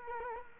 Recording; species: mosquito wingbeat signal from an infrared sensor; Culex quinquefasciatus